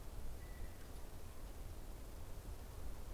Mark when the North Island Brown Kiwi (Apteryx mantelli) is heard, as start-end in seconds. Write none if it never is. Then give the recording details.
none. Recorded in New Zealand on 14 October 2015. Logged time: 20:29. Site BN6